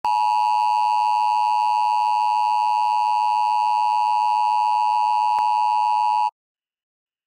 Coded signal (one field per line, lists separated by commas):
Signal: Emergency Alert System (SAME) tones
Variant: 853 and 960 Hz attention tone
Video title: PDS Flash Flood Warning on 620 KTAR-AM & 98.7 KMVP-FM (8/18/22) (EAS #1,466 & 1,467)